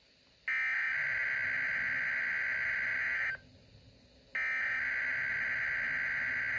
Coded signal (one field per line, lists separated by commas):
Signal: Emergency Alert System (SAME) tones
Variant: header bursts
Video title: NOAA Weather Radio - Required Weekly Test [EAS #60] (12/22/21)